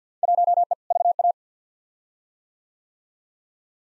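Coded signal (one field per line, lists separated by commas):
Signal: Morse code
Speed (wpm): 50 wpm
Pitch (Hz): 700 Hz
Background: none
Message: 1E VA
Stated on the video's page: Field Day exchange head-copy drill sent at 50 wpm, each exchange sent, spoken, then sent again.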